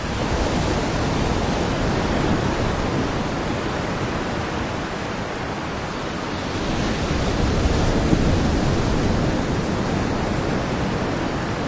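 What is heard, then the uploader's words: Steady, dense wash of waves along a mangrove coast, low and rumbling, with a gentle swell of surf around seven to eight seconds. Mangrove Coast, the supreme sleep-aiding waves.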